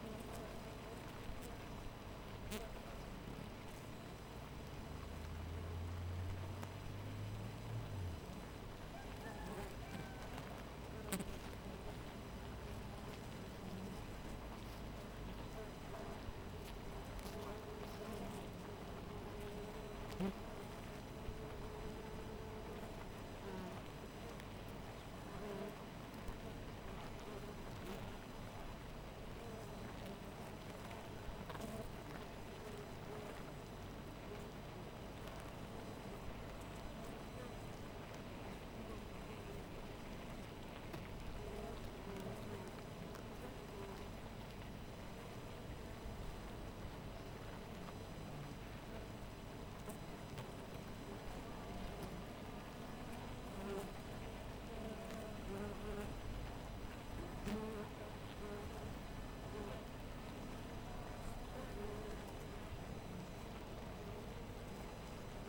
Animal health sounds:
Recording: honeybee colony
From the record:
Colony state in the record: missing queen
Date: 14 July 2017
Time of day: 4:32

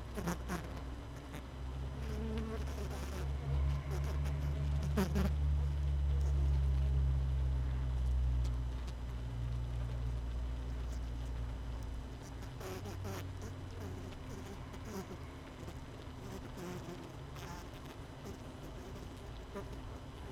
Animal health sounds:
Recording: honeybee colony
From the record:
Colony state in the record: missing queen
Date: 31 May 2018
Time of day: 18:03

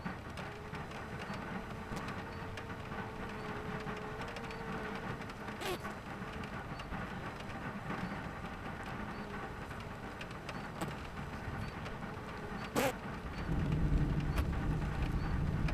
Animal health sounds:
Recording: honeybee colony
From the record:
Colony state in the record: missing queen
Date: 14 July 2017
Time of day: 11:42

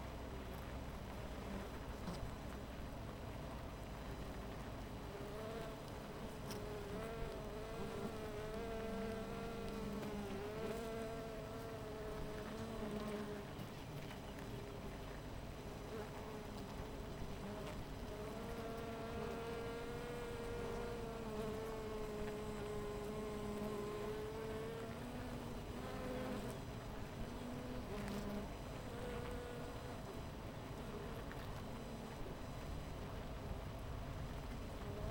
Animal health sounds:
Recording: honeybee colony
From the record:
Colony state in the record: missing queen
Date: 14 July 2017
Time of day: 10:35

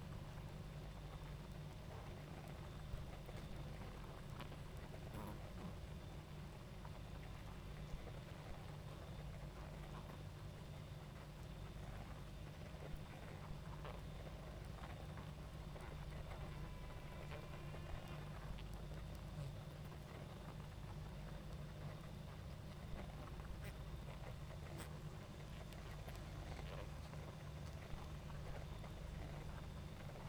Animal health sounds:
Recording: honeybee colony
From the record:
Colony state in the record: active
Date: 28 July 2017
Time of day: 20:08

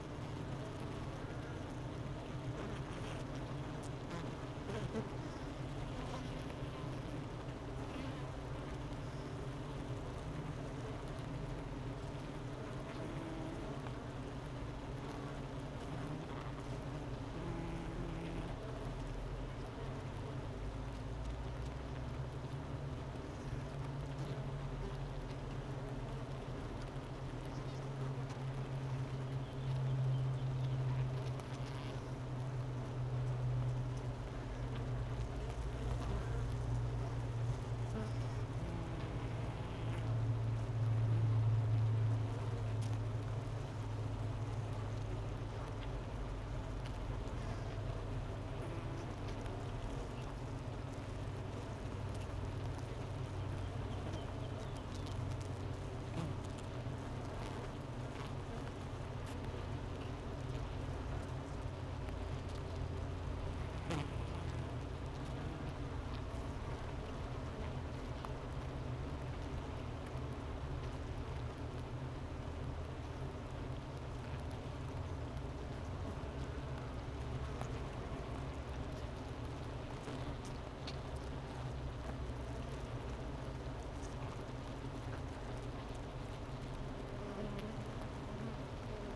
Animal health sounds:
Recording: honeybee colony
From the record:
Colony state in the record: missing queen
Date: 31 May 2018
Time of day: 11:22

